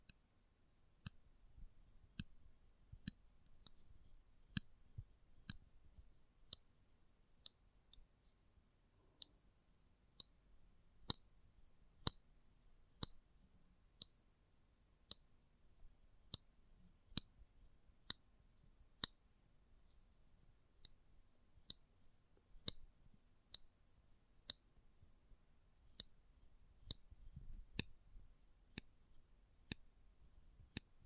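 Sharp metallic clicks ring out close up at a fairly regular pace, about two per second, over a faint low rumble with occasional softer taps.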